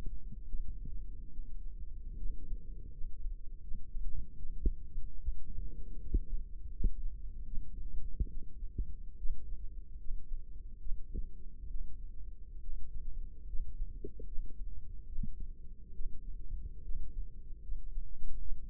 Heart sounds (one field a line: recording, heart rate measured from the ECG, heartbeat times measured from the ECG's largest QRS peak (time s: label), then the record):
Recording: heart sounds by microphone in the left ear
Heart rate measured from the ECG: 74 bpm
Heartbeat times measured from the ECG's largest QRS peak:
0.47 s: heartbeat
1.32 s: heartbeat
2.18 s: heartbeat
2.92 s: heartbeat
3.62 s: heartbeat
4.37 s: heartbeat
5.20 s: heartbeat
6.00 s: heartbeat
6.71 s: heartbeat
7.46 s: heartbeat
8.29 s: heartbeat
9.18 s: heartbeat
9.99 s: heartbeat
10.80 s: heartbeat
11.69 s: heartbeat
12.61 s: heartbeat
13.47 s: heartbeat
14.26 s: heartbeat
15.07 s: heartbeat
15.94 s: heartbeat
16.83 s: heartbeat
17.62 s: heartbeat
18.39 s: heartbeat
From the record:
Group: healthy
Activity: rest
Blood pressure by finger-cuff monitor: 141/65 mmHg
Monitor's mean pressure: 86 mmHg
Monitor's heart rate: 74 bpm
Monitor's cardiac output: 7.7 L/min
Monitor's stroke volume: 106 mL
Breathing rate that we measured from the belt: 17 breaths a minute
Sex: female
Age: 22 years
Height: 160 cm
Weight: 63 kg